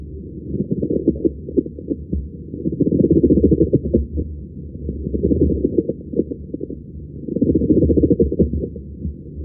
Pleural friction rub sound effect.